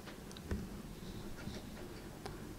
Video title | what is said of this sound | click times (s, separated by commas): How to Connect 4k UHD DVD player to AV Receiver | line it up to the shape of the port and press it into place and listen for the gentle snap | 2.3 s